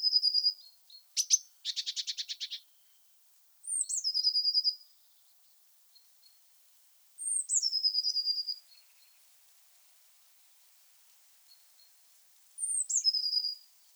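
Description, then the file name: Eurasian blue tit giving high thin notes that slide down into a trill, three times, with a harsh buzzy rattle early on. "Cyanistes caeruleus"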